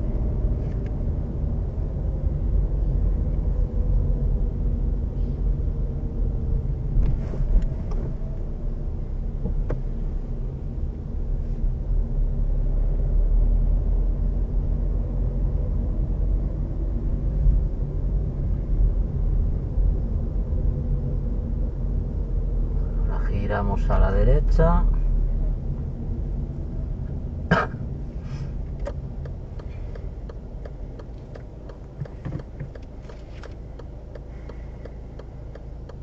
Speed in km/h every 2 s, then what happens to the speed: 26, 24, 21, 18, 13, 17, 21, 23, 25, 25, 22, 21, 19, 17, 10, 2, 0, 0.
0-7 slows to 13. 13-18 steady at about 25. 18-30 slows to 2. 30-36 standing.